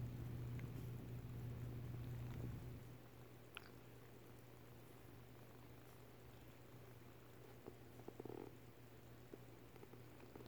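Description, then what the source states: Domestic cat purr, a low even rumble lasting under three seconds, then quiet with a few faint clicks and rustles. Solicitation purrs given while the cat kneads.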